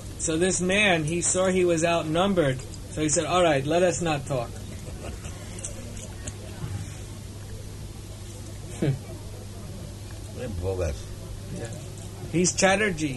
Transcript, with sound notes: So this man, he saw he was outnumbered, so he said, "All right, let us not talk."
[laughs] A bogus.
He's Chatterjee.